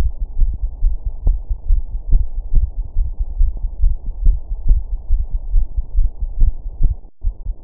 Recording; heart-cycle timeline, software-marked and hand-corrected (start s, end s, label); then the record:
heart sounds
0.00	0.03	S1
0.03	0.17	systole
0.17	0.24	S2
0.24	0.39	diastole
0.39	0.46	S1
0.46	0.59	systole
0.59	0.67	S2
0.67	0.83	diastole
0.83	0.89	S1
0.89	1.01	systole
1.01	1.07	S2
1.07	1.25	diastole
1.25	1.33	S1
1.33	1.47	systole
1.47	1.52	S2
1.52	1.70	diastole
1.70	1.76	S1
1.76	1.89	systole
1.89	1.96	S2
1.96	2.13	diastole
2.13	2.19	S1
2.19	2.34	systole
2.34	2.40	S2
2.40	2.54	diastole
2.54	2.61	S1
2.61	2.75	systole
2.75	2.81	S2
2.81	2.97	diastole
2.97	3.03	S1
3.03	3.18	systole
3.18	3.23	S2
3.23	3.38	diastole
3.38	3.46	S1
3.46	3.59	systole
3.59	3.66	S2
3.66	3.81	diastole
3.81	3.89	S1
3.89	4.06	systole
4.06	4.12	S2
4.12	4.25	diastole
4.25	4.30	S1
4.30	4.46	systole
4.46	4.53	S2
4.53	4.68	diastole
4.68	4.75	S1
4.75	4.88	systole
4.88	4.94	S2
4.94	5.08	diastole
5.08	5.16	S1
5.16	5.32	systole
5.32	5.36	S2
5.36	5.53	diastole
5.53	5.59	S1
5.59	5.73	systole
5.73	5.79	S2
5.79	5.96	diastole
5.96	6.05	S1
6.05	6.18	systole
6.18	6.24	S2
6.24	6.39	diastole
6.39	6.46	S1
6.46	6.63	systole
6.63	6.69	S2
6.69	6.80	diastole
6.80	6.88	S1
6.88	7.01	systole
7.01	7.05	S2
7.05	7.23	diastole
7.23	7.30	S1
7.30	7.43	systole
7.43	7.51	S2
7.51	7.64	diastole
From the record:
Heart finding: coronary artery disease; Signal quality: good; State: rest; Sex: male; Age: 44 years